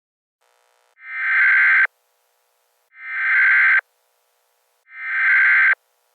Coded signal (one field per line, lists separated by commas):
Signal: Emergency Alert System (SAME) tones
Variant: header bursts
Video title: EAS Scenario - Wasting in the Sun